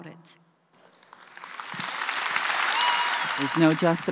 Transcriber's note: applause